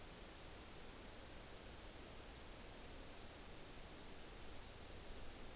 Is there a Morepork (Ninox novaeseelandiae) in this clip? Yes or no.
no